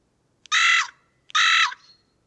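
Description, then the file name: Carrion crow giving two rasping caws of similar length, less than a second apart. "Corvus corone"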